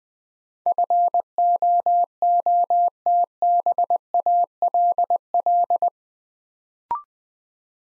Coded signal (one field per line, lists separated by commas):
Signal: Morse code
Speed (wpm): 20 wpm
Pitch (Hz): 700 Hz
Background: none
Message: FOOTBALL